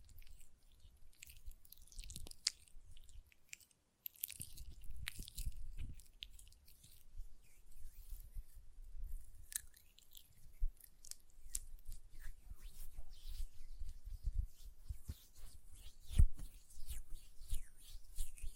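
Quiet hand sounds with lotion: wet, sticky squelches and rubbing crackles in a dense, irregular stream, with a sharper smack near sixteen seconds.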